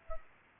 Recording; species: mosquito wingbeat signal from an infrared sensor; Culex pipiens